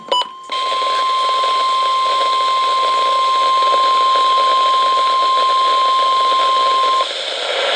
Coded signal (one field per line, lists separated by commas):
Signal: Emergency Alert System (SAME) tones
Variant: 1050 Hz attention tone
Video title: NOAA Weather Radio EAS #285: First 2014 Required Weekly Test